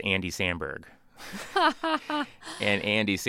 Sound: laughter

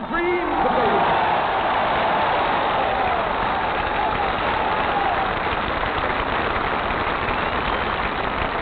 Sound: soundbite of applause and cheering

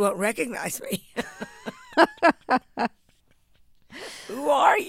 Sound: soundbite of laughter

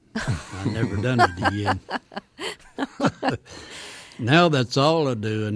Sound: soundbite of laughter

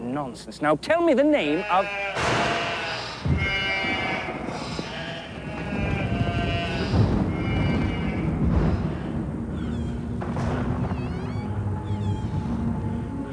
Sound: sound of thunder, frightened sheep, and weird ghostly howls and screeches

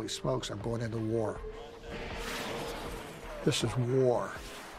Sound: soundbite of missile

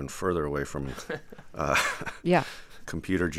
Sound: laughter

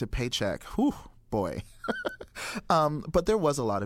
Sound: laughter

